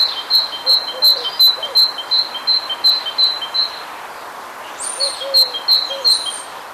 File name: greattit